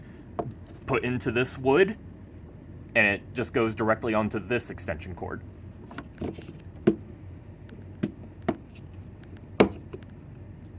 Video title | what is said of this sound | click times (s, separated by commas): Basement Home Theater & Gaming Room Tour | So, it pops right in and locks. | 9.6 s